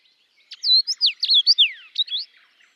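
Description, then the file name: Common rosefinch song: a short phrase of clear, sliding whistled notes, rising and falling, delivered in a quick bright sequence. Latvia. "life dviete. carpodacus erythrinus"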